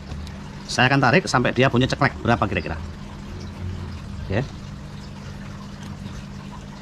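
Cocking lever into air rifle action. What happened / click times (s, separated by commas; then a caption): Lever handled, no click yet; nothing has seated / none. Someone talks while handling a PCP air rifle, working the cocking lever toward the catch in the action; the audio is mostly speech over a low steady hum, with a brief short sound near 4.4 s. The clip ends before the lever goes home, so nothing has clicked into the catch yet.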